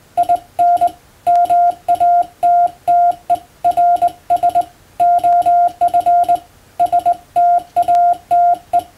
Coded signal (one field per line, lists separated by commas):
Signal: Morse code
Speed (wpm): 20 wpm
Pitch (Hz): 700 Hz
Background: none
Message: IN MATTERS OF STATE